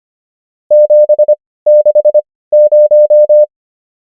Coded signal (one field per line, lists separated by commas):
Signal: Morse code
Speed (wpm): 25 wpm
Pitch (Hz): 600 Hz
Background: none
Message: 760